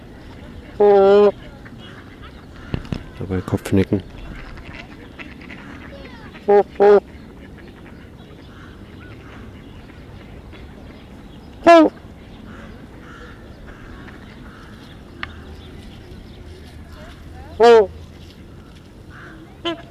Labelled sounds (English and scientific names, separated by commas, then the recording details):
Trumpeter Swan (Cygnus buccinator) call
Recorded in captivity
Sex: group
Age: adult
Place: Tierpark Berlin, Berlin, DE
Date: 1974-01-13 12:00
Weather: sunny, ca. 5°C
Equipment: Uher 4200 Report Stereo, Sennheiser MD 421, Verstärker
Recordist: Tembrock, Günter